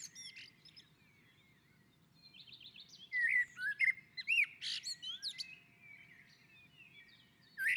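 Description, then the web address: Common blackbird song: faint twittering at first, then a louder run of fluted notes and sharp high chips, with a final bright note. On a roof. "Naturinspelningar Koltrast på taket"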